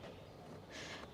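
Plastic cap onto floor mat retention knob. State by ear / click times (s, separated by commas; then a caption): not seated / none. A plastic cap is pressed onto a floor-mat retention knob for a Lasfit floor mat in a 4th Gen Toyota Tacoma. Only a steady low rumble is heard, with a brighter hissing scrape from about 0.7 to 1.0 seconds and no distinct snap. The cap has not seated or clicked yet.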